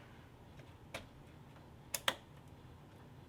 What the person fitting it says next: right well it's in there and it clicked